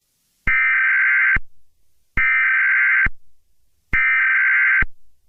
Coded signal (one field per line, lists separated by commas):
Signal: Emergency Alert System (SAME) tones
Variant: header bursts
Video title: EAS Scenario | Shrek Chapter II (#97)